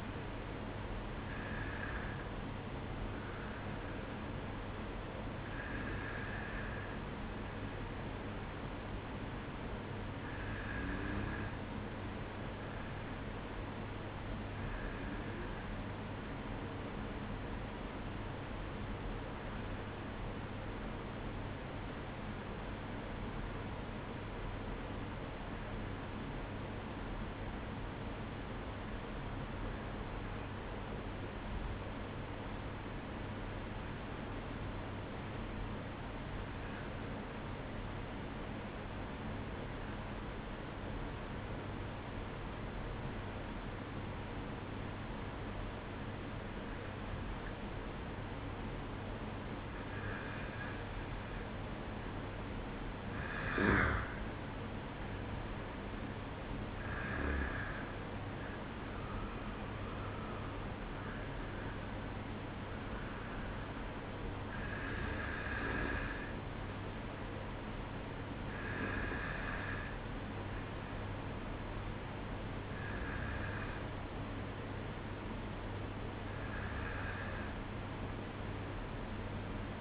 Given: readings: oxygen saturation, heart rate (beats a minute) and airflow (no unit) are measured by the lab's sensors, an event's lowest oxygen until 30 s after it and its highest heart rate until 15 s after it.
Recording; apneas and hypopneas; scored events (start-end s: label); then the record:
breathing in sleep by a voice recorder at the bedside; 1
17.00-47.00 s: new sleep stage, N2 (light sleep)
20.00-51.10 s: obstructive apnea (N2, oxygen 95% highest, then 92% lowest, heart rate 54 at the start, 60 highest)
47.00-77.00 s: new sleep stage, N1 (lightest sleep)
77.00-79.81 s: new sleep stage, N2 (light sleep)
From the record:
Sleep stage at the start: N1 (lightest sleep); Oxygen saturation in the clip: 92 to 95%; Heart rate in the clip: 53 to 60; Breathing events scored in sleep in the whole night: 305 in 9.6 hours asleep